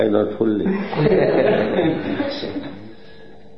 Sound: laughter